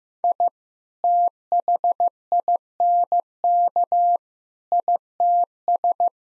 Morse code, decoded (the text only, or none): I THINK ITS